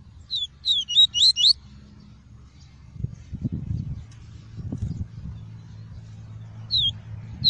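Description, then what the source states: Double-collared seedeater song: a quick phrase of four or five high, clipped whistles at the start, then faint rumbling noise and a couple of isolated notes near the end. Song of the "tui-tui" variety.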